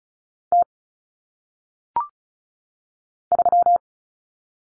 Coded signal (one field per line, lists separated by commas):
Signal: Morse code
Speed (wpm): 36 wpm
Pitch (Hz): 700 Hz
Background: none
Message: T 3